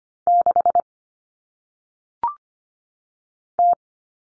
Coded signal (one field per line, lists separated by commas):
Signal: Morse code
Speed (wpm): 25 wpm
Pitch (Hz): 700 Hz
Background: none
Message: 6 T